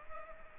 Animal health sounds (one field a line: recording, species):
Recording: mosquito wingbeat signal from an infrared sensor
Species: Culex pipiens